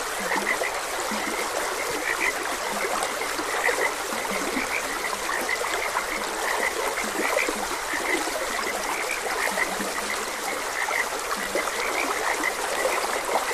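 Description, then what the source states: Repeated short frog croaks, some low and some higher, scattered over the steady sound of a flowing stream. Frogs croaking beside a gentle stream.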